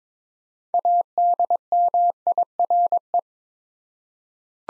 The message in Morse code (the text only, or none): ADMIRE